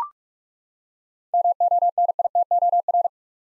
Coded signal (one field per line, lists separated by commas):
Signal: Morse code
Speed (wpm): 41 wpm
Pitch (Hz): 700 Hz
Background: none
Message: MONITOR